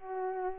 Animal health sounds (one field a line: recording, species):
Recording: mosquito wingbeat signal from an infrared sensor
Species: Culex pipiens